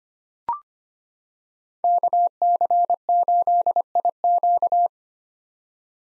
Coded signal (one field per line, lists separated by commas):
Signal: Morse code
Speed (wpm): 25 wpm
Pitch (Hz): 700 Hz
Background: none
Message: KC8IQ